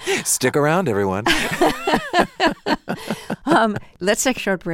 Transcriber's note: laughter